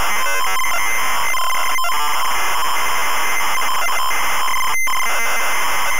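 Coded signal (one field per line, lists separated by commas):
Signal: ZX Spectrum tape loading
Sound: harsh, rapidly warbling screech alternating between two pitches, with a brief steady tone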